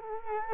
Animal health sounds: mosquito wingbeat signal from an infrared sensor; Culex quinquefasciatus

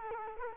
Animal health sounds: mosquito wingbeat signal from an infrared sensor; Culex quinquefasciatus

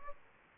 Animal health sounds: mosquito wingbeat signal from an infrared sensor; Aedes albopictus

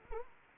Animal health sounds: mosquito wingbeat signal from an infrared sensor; Anopheles arabiensis

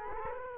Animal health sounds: mosquito wingbeat signal from an infrared sensor; Culex quinquefasciatus

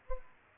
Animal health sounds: mosquito wingbeat signal from an infrared sensor; Culex pipiens

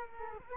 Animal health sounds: mosquito wingbeat signal from an infrared sensor; Culex quinquefasciatus

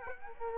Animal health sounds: mosquito wingbeat signal from an infrared sensor; Aedes aegypti

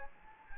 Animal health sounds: mosquito wingbeat signal from an infrared sensor; Anopheles gambiae

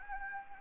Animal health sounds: mosquito wingbeat signal from an infrared sensor; Anopheles gambiae

